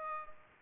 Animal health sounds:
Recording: mosquito wingbeat signal from an infrared sensor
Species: Culex pipiens

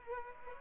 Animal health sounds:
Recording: mosquito wingbeat signal from an infrared sensor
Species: Aedes aegypti

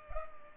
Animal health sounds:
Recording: mosquito wingbeat signal from an infrared sensor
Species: Culex pipiens

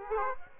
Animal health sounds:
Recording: mosquito wingbeat signal from an infrared sensor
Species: Aedes aegypti

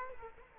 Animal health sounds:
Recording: mosquito wingbeat signal from an infrared sensor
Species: Culex quinquefasciatus

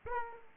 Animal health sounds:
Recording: mosquito wingbeat signal from an infrared sensor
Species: Aedes aegypti

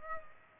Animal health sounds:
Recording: mosquito wingbeat signal from an infrared sensor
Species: Culex pipiens

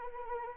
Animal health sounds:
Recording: mosquito wingbeat signal from an infrared sensor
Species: Anopheles arabiensis

